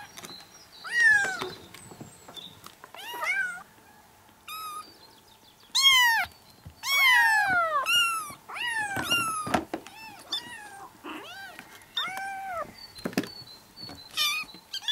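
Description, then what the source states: Domestic cat: kittens mewing, high arching cries scattered throughout, some overlapping, with faint clicks and rustling between calls. Kittens meowing.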